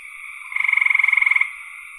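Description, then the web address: Frog croak made of about twenty rapid pulses over nearly a second, rising from a steady humming chorus of frogs. "cn frogs"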